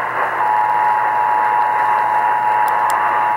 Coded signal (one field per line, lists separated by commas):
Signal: Emergency Alert System (SAME) tones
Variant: 853 and 960 Hz attention tone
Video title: 20 YEARS OF LIVING... EAS Tests from October, 2021 (EAS #6,376 - 6,397)